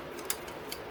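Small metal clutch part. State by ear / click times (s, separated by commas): seated / 0.3 s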